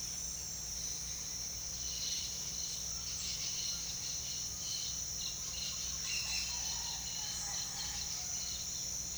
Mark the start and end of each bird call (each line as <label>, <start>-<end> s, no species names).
bird call, 1.61-8.65 s